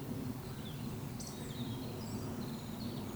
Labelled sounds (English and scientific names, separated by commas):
Eurasian Woodcock (Scolopax rusticola)